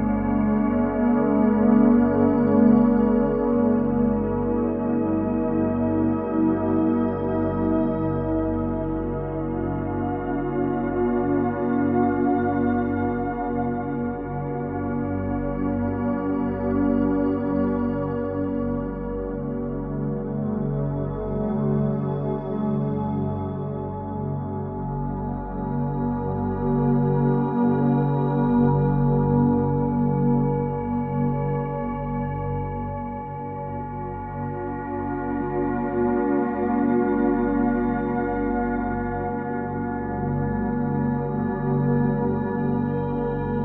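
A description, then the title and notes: A dense, steady drone built on the 852 Hz solfeggio tone, with many sustained pitches stacked from a deep low hum up through a glassy upper shimmer. The sound barely changes over the whole stretch, only swelling and easing slightly, like a resonant bowl ringing continuously. Frequency 852 Hz - Solfeggio.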